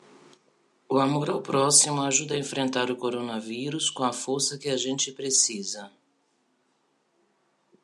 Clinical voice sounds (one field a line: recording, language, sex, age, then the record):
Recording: spoken sentence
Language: Brazilian Portuguese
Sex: female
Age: 40 to 49 years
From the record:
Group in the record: control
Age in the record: 48 years